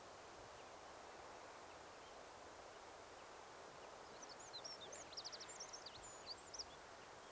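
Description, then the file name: Eurasian wren calls: after quiet hiss, a short cluster of high, sharp ticking notes arrives in the second half, then fades back to steady background noise. "Troglodytes troglodytes"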